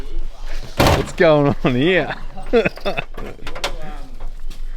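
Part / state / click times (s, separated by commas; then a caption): vehicle bonnet into its front latch / seated / 0.8 s. A Land Cruiser's bonnet is slammed shut into its front latch with one sharp, loud slam at 0.8 s. The bonnet seats there, and someone then talks over later fainter knocks and clicks.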